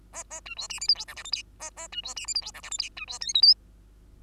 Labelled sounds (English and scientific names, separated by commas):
Bengalese Finch (Lonchura striata domestica) song